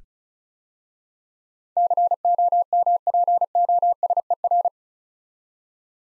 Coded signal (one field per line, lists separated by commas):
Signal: Morse code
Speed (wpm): 34 wpm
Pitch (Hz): 700 Hz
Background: none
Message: COMPOSER